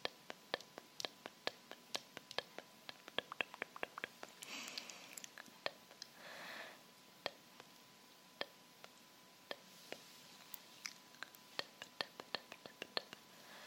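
Rhinestone-decorated fingertips tap in quick, uneven bursts, each a sharp bright click, coming several times a second throughout. Around four to five seconds and again near six to seven, a softer scratchy rustle swells briefly under the taps, and a faint steady tone hums beneath everything.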